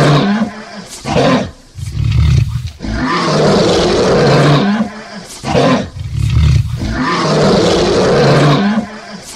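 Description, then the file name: Lion roaring in deep, rumbling bouts that swell and fade, broken by short pauses. "Tieng gam cua su tu"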